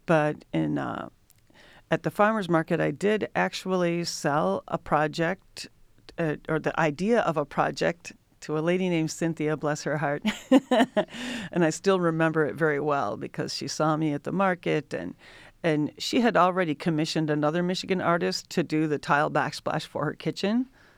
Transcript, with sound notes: But at the Farmer's Market, I did actually sell a project or the idea of a project to a lady named Cynthia, bless her heart. [LAUGHTER] I still remember it very well because she saw me at the market, and she had already commissioned another Michigan artist to do the tile backsplash for her kitchen.